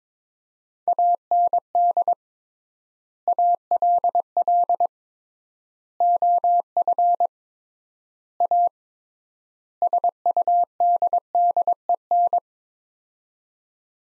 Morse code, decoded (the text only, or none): AND ALL OF A SUDDEN